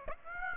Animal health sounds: mosquito wingbeat signal from an infrared sensor; Aedes aegypti

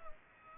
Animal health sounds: mosquito wingbeat signal from an infrared sensor; Aedes aegypti

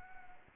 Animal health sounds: mosquito wingbeat signal from an infrared sensor; Anopheles arabiensis

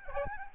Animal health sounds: mosquito wingbeat signal from an infrared sensor; Aedes albopictus

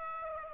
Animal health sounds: mosquito wingbeat signal from an infrared sensor; Aedes aegypti

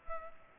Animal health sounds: mosquito wingbeat signal from an infrared sensor; Culex pipiens

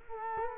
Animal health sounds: mosquito wingbeat signal from an infrared sensor; Culex quinquefasciatus

